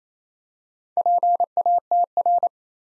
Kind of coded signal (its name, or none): Morse code